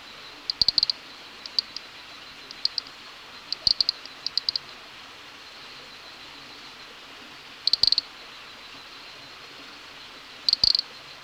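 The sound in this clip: Nesobia mjobergi call of brisk high-pitched tick trains, closely packed early on, then isolated bursts every few seconds, with soft background noise.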